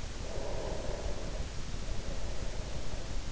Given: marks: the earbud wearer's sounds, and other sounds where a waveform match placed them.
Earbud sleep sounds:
sounds in sleep by an in-ear microphone; breath
0.15-3.30 s: breath

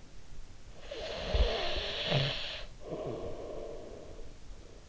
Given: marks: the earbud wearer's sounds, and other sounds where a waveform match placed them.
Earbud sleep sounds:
sounds in sleep by an in-ear microphone; snoring breath
0.32-4.89 s: snoring breath

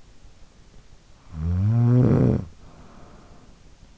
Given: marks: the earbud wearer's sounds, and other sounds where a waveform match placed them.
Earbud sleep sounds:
sounds in sleep by an in-ear microphone; snoring breath
0.89-3.78 s: snoring breath

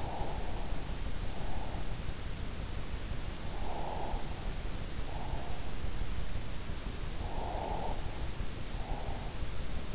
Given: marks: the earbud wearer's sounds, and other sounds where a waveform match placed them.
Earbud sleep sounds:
sounds in sleep by an in-ear microphone; breath
0.00-1.80 s: breath
3.68-5.69 s: breath
7.29-9.40 s: breath

